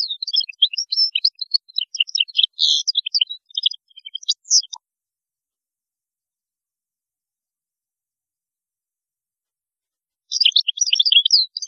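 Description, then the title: European goldfinch song, a long, fast, jangling twitter of mixed chips and trills, silence, then the tinkling phrase resumes. "Chant Chardonneret"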